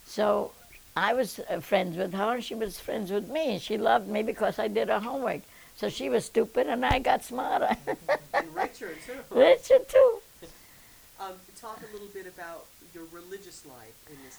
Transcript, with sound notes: So I was friends with her, she was friends with me. She loved me because I did her homework. So she was stupid and I got smarter. ( she laughs )
And richer, too.
Richer, too.
Talk a little bit about your religious life in this town.